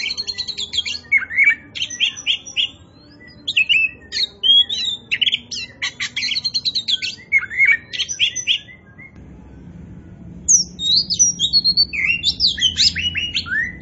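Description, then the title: Oriental magpie-robin song of varied whistled and scratchy phrases, high and quick, with a pause near nine seconds before the bird bursts back in. Described as gacor, meaning singing vigorously and nonstop. "Kacer Poci Gacor"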